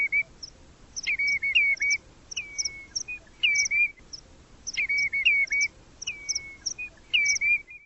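Bird song: short, high twittering phrases of chirps and thin slurred whistles, repeated with brief gaps between them, over a faint steady background hiss.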